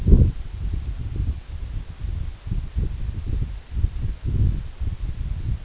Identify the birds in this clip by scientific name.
none